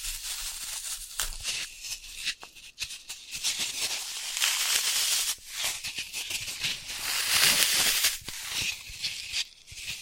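Floral foam being crushed and broken, a dense, crackling texture of crisp snaps and gritty crumbling that runs almost without pause. Sharper clicks stand out in the first three seconds, and the crunching briefly drops off near 3, 5.5 and 8 seconds.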